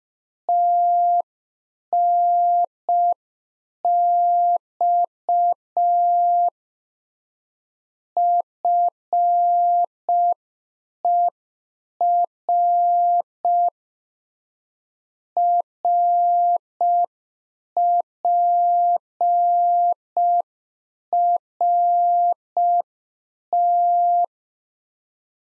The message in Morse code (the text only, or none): TNX FER RPRT